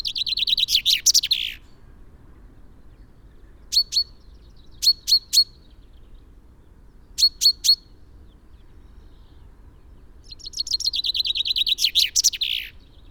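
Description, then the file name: Common chaffinch song: a rapid descending trill ending in a flourish, heard twice, with sharp call notes in groups of two and three between the songs. "Fringilla coelebs"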